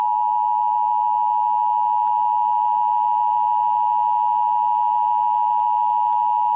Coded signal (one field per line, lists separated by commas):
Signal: Emergency Alert System (SAME) tones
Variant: 853 and 960 Hz attention tone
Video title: NATO End of the World EAS Alert